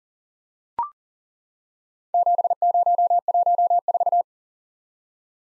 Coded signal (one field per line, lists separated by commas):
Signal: Morse code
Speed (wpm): 40 wpm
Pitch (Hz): 700 Hz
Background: none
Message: 7014